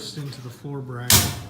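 Someone talks while the steel split-jamb posts of a pocket door frame are handled at the steel floor bracket. A brief loud broadband burst is heard near the end at about 1.1 s. Nothing has seated or snapped into place yet.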